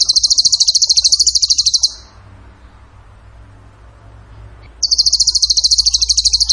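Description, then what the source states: Bird song: two long bursts of fast, even, high-pitched pulses, each about two seconds, separated by nearly three seconds of quiet. Masteran training recording of bird song in the tembakan gacor style.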